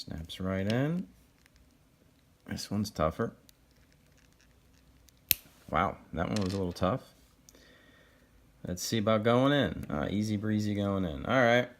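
A swappable plastic hand is pushed onto an action figure's wrist peg, taking effort before it seats with a single sharp snap at 5.3 seconds. Someone talks before and after the snap, and a few faint clicks and scrapes come from handling the figure.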